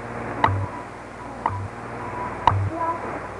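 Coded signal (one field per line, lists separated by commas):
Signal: radio time signal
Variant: WWV/WWVH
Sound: three crisp clock ticks one second apart over a low hum and static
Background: radio static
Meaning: Each tick marks one second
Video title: WWV = WWVH - Time Signal Identification - Shortwave - 1980's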